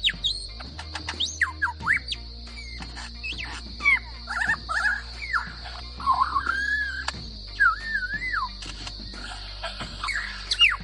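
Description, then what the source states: Mockingbird mimicry: a jumble of varied whistles, sweeping slurs, clicks and warbled notes changing every second. A steady high electronic-like tone and a low hum run underneath. Imitating a car alarm.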